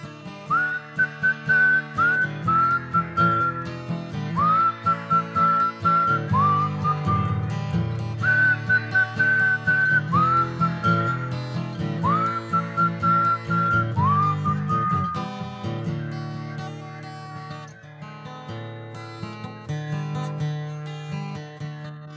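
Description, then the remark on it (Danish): A person whistles a bright, cheerful melody in repeated rising phrases, each note clear and high-pitched, carried over a steady backing of lower instrumental music. “Og han fløjter hele dagen, fra han vågner til han er i seng.”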